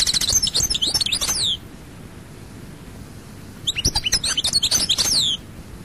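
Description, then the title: European goldfinch singing two tinkling, high-pitched twittering phrases with falling slurs, each lasting under two seconds, separated by a pause of about two seconds. "Chant Chardonneret"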